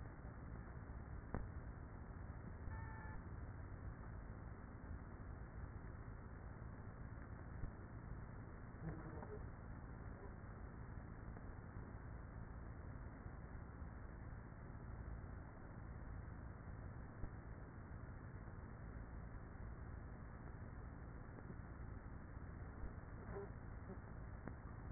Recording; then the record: honeybee colony, microphone inside the hive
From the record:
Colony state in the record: queenless with a low population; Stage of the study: after two queens were removed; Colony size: about 30,000 bees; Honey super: no